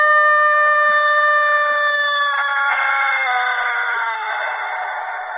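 Rooster crow, a sustained loud harmonic call that roughens and slowly fades toward the end.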